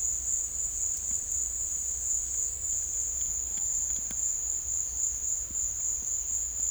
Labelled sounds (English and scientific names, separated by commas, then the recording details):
none
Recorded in secondary vegetation near Puerto Asís, Putumayo, Colombia, on 21 December 2024 at 14:00
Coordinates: 0.488, -76.319
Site GP04